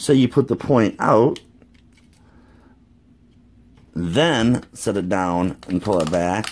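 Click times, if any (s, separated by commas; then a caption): none. Someone talks while handling a 2006 Hot Wheels car pen toy: the pen tip is pushed out, and the pen's plastic pull-back car is set down and pulled back. Between the talking there is a quiet stretch with a few faint, brief handling ticks around 1.6–1.9 s. Nothing has locked into place yet.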